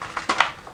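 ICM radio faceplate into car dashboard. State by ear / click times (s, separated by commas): seated / 0.4 s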